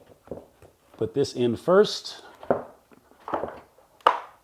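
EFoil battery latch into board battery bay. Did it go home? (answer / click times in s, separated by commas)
yes / 4.1 s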